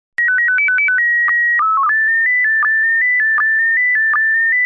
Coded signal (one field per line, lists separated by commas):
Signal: SSTV (slow-scan television)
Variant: PD 180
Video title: Slow Scan Radio, August 8, 2018, Ep. 3